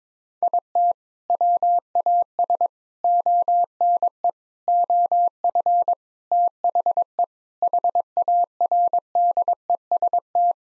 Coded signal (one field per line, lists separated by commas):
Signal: Morse code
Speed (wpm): 22 wpm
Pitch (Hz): 700 Hz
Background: none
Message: IT WAS ONE OF THE HARDEST